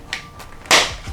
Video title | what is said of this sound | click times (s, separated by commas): VTech Smart Shots Sports Center Assembly | click have to put a little force in there because you know baby's gonna be rough anyway | 0.1 s